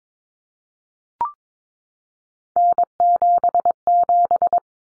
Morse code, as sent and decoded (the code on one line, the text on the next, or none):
-. --... --...
N77